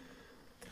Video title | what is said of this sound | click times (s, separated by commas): Depinning Honda Connectors | then you just close the door up it clicks down and now you're good | 0.6 s